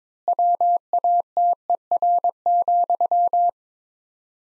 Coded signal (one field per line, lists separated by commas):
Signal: Morse code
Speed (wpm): 22 wpm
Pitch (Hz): 700 Hz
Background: none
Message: WATER,